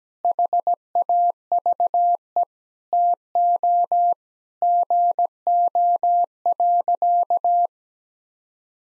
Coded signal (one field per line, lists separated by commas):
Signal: Morse code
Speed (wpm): 17 wpm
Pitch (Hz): 700 Hz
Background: none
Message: HAVE TO GO.